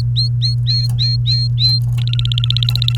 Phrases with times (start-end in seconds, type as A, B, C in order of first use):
0.00-1.79 A, 1.97-2.97 B